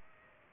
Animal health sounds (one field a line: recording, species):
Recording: mosquito wingbeat signal from an infrared sensor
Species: Aedes aegypti